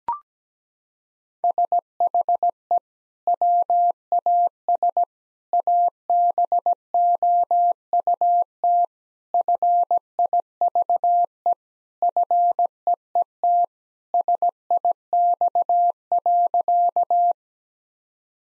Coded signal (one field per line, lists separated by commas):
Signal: Morse code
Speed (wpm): 17 wpm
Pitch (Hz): 700 Hz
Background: none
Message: SHE WAS ABOUT FIVE FEET SIX.